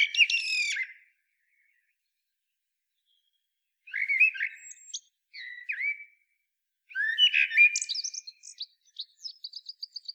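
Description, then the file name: Common blackbird song: short, fluted warble phrases with long pauses, the last phrase trailing into a fast series of thin, high repeated notes. "Turdus merula"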